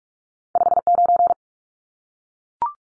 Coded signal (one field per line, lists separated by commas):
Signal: Morse code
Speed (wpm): 44 wpm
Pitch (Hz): 700 Hz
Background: none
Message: 59